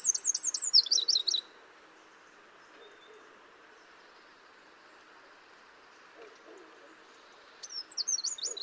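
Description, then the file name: Eurasian wren song: a short burst of high, fast trilling at the start and again near the end, with quiet in between. "Troglodytes troglodytes"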